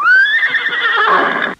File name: horse